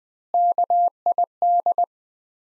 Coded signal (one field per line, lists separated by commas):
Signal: Morse code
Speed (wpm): 21 wpm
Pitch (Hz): 700 Hz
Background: none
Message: KID